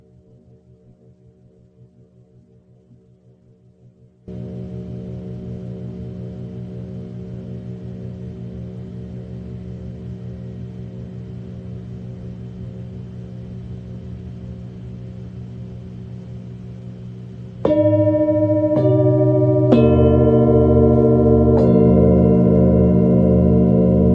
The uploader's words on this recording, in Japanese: メキシコから シンギングボウルのサウンドヒーリング。